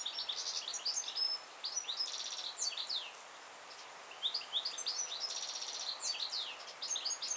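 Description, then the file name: European goldfinch song, a lively liquid twitter of rapid chirps and buzzy rattles, delivered in two long phrases with a brief gap between. "Carduelis carduelis"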